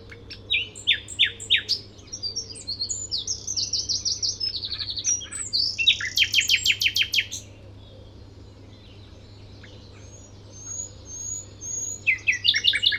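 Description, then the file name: Common nightingale singing loud bursts of rapid repeated notes and buzzy trills, falling silent for a few seconds before starting again with quick sharp notes; steady low hum behind. "Luscinia megarhynchos"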